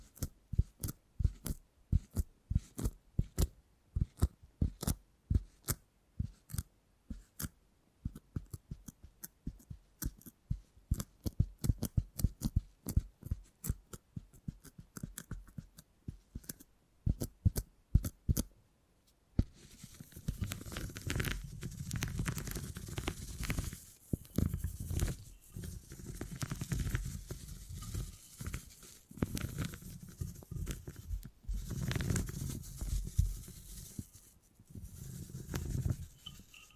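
Handling beeswax makes a string of sharp clicks and crisp taps for about the first twenty seconds, irregular and quick with short pauses. After that the sound turns denser and rougher, a steady crackling, squishing texture with fuller low tones that keeps going to the end.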